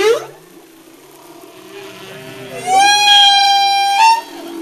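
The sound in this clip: Humpback whale song unit: quiet low tones, then a long bright harmonic note that rises and holds steady before ending with a short upward flick.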